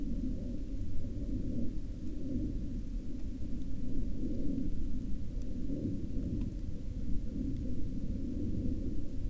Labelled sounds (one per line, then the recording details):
rain
aircraft
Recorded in the Prudhoe Bay oil fields, Alaska, on 31 July 2019 at 17:35
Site 17